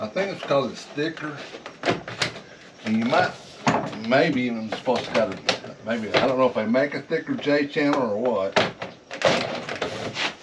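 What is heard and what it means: Someone talks while a thick vinyl siding panel is handled and pushed up toward the course below or the J channel on a screened porch build, and it goes on harder than regular vinyl because it is thicker. Brief knocks are heard around 2.1, 2.2, 8.8, 9.7 and 9.8 seconds. Nothing has snapped into place yet by the end.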